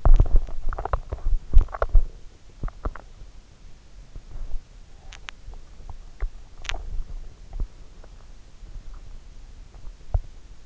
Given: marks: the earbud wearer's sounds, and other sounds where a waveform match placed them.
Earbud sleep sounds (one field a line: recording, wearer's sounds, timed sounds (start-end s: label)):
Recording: sounds in sleep by an in-ear microphone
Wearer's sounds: teeth grinding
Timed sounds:
0.00-3.22 s: teeth grinding
5.02-10.66 s: teeth grinding